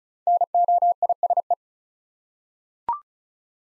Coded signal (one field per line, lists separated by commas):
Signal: Morse code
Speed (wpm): 36 wpm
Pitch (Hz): 700 Hz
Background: none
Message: NOISE